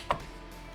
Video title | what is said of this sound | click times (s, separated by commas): Chladíme PROCESOR pod BOD MRAZU | Dobre. A cvaklo to. | 0.1 s